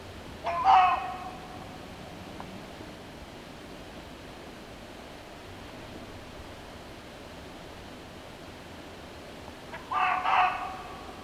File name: Red Fox (Vulpes vulpes)